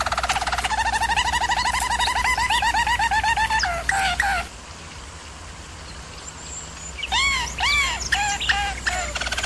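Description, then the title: German Roller canary song: fast, evenly trilled low rolls with harmonics for about four seconds, a pause, then separate arched, swooping notes. German Roller canary singing, for canary training. "German Roller Canary Singing - Canary Training Vid"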